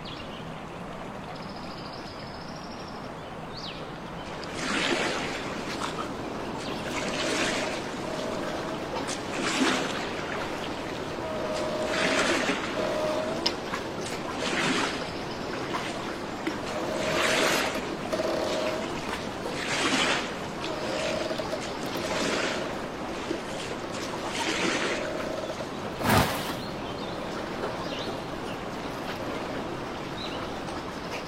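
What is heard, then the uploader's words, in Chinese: Real recorded nature ambience of steady rushing noise, with soft trickling water, irregular brighter swells every few seconds, and one sharp click near twenty-six seconds. 真实录制的大自然白噪音氛围。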